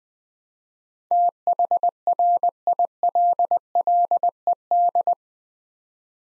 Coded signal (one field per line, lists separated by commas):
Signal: Morse code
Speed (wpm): 20 wpm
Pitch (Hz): 700 Hz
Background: none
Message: THRILLED